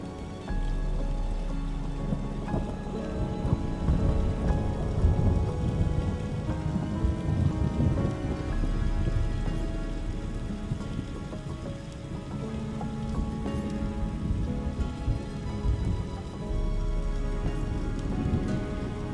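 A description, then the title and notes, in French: Gentle rain falls steadily with a soft thunderstorm rumbling low beneath it, the level holding even throughout. Calm music with sustained, held tones runs alongside the rain, giving a smooth, continuous blend with no sharp breaks. Les sons apaisants d'un orage et d'une pluie douce, accompagnés d'une musique sereine.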